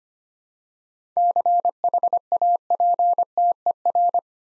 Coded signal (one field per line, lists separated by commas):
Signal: Morse code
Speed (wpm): 25 wpm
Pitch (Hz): 700 Hz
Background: none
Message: CHAPTER